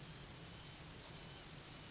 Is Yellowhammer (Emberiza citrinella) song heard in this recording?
no